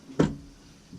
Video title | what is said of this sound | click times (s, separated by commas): BMW E90 Rear Window Regulator Install Replacement How To PLUS RESET/CALIBRATE 325i 328i 330i 335i | then it'll just snap right in place. You should hear it. | 0.2 s